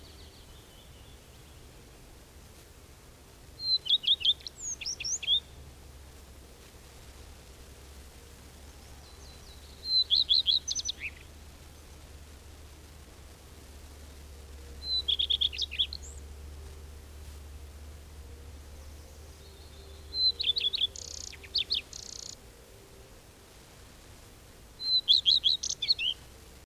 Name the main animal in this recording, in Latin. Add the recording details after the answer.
Phoenicurus phoenicurus. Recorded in the wild. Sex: male. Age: adult. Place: Schloß Holte-Stukenbrock, Senne, Nordrhein-Westfalen, DE. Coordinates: 51.8664, 8.66. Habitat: pine wood. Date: 1968-05-23. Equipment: Uher 4000 Report-S, Bändchenmikro Beyer M 260, Parabolspiegel Polyester (470 mm). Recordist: Conrads, Klaus